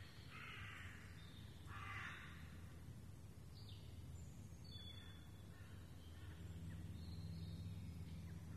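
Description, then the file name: Raven: two hoarse, broad caws near the start, with high twittering birds and a constant low hum behind. Ravens recorded in the Rambouillet forest, France, on 24 May 2015. "Ravens in Foret de Rambouillet"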